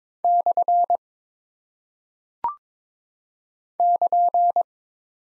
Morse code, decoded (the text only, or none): / <KN>